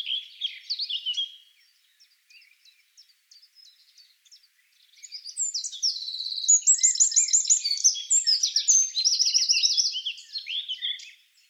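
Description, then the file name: Eurasian wren singing: a short twittering phrase, then soft scattered high chips, then a loud burst of rapid trills and ringing notes lasting around six seconds. "Troglodytes troglodytes"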